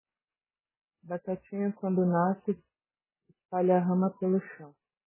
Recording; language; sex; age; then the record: short text; Brazilian Portuguese; female; 30 to 39 years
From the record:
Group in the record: control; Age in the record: 39 years